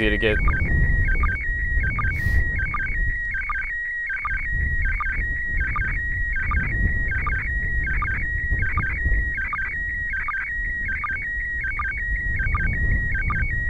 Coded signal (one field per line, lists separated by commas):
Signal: SSTV (slow-scan television)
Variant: PD 180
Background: speech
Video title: Spacesuit MAI-75 Image! - Last Pass of April 2016 ISS SSTV Event - Video #4